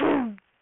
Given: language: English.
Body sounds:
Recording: throat vibration sensor signal played as sound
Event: throat clearing

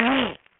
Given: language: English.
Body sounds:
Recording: throat vibration sensor signal played as sound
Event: throat clearing

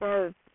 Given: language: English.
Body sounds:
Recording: throat vibration sensor signal played as sound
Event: speech

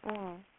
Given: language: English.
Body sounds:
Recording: throat vibration sensor signal played as sound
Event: speech

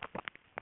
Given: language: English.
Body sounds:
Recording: throat vibration sensor signal played as sound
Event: swallow

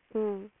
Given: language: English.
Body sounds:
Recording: throat vibration sensor signal played as sound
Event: speech

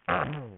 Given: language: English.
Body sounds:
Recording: throat vibration sensor signal played as sound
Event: throat clearing

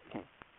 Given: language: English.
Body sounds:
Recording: throat vibration sensor signal played as sound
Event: speech

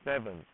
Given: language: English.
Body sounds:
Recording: throat vibration sensor signal played as sound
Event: speech

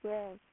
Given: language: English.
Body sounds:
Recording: throat vibration sensor signal played as sound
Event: speech

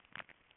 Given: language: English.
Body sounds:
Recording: throat vibration sensor signal played as sound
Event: swallow

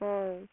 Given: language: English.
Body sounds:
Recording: throat vibration sensor signal played as sound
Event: speech

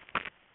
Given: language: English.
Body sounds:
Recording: throat vibration sensor signal played as sound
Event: swallow

